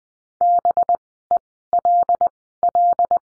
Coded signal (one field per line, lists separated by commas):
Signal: Morse code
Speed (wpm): 20 wpm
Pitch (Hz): 700 Hz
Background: none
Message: BELL